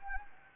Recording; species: mosquito wingbeat signal from an infrared sensor; Anopheles arabiensis